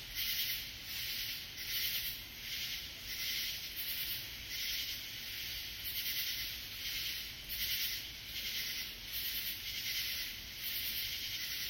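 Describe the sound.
Katydid giving harsh, buzzy rasps at fairly regular intervals over a steady background hiss.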